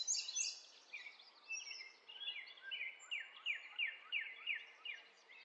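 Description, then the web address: Birds singing: quick twittering notes and a run of repeated sharp downslurred whistles at an even pace, with a steady background hiss. Birds in a forest. "Lynne Music. Nature Birds Loop"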